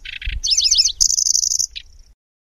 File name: suara kicauan burung kecici belalang. omkicau